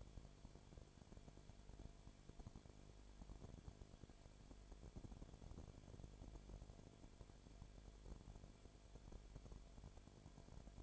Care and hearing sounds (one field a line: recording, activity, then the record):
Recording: daily activity, microphone in the room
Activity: no activity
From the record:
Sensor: 5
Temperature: 19.9 degrees Celsius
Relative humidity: 35.7%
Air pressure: 1003.4 hPa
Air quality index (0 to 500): 56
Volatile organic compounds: 1 ppm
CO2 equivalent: 634 ppm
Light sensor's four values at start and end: 2/3/1/1 and 2/3/1/1